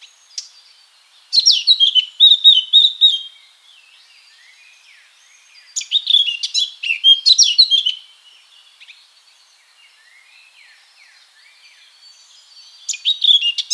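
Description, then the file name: Eurasian blackcap giving three loud song bursts of fast fluty and chattering notes, the first two each about two seconds long and the last cut off at the end, with quiet gaps of several seconds between. "Sylvia atricapilla"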